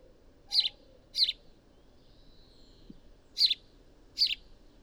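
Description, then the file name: House sparrow chirping: two pairs of short, rasping chirps under a second apart, separated by a pause, over soft background noise. "Passer domesticus"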